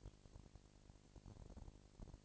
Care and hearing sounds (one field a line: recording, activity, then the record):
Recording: daily activity, microphone in the room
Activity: no activity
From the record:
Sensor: 5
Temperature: 19.8 degrees Celsius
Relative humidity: 36.7%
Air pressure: 997.2 hPa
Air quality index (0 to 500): 169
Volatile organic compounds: 14 ppm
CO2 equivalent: 2444 ppm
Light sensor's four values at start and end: 2/3/1/1 and 2/3/1/1